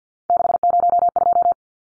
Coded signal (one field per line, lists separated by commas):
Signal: Morse code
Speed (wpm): 50 wpm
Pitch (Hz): 700 Hz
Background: none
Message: 602